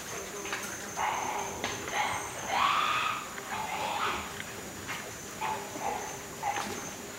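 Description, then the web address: White-lipped peccary grunts, a string of short rough calls, one louder drawn-out grunt in the middle, over a constant faint high tone. South American rainforest mammal. "Natures Songs S America Mammals of the Rainforest White-lipped peccary"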